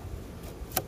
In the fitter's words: get a little click it's nice and secure